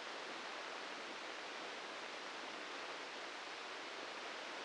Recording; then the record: brain microelectrode recording played as sound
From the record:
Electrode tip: inside the subthalamic nucleus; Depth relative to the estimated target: 0 mm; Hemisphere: left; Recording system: NeuroSet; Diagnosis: Parkinson's disease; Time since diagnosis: 10 years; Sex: male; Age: 56 years